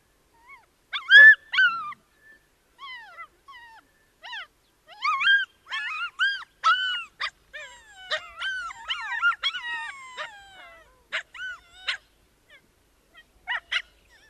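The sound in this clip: Ethiopian wolf yelps and whines, short cries scattered with quiet gaps, several overlapping in the middle before thinning out again.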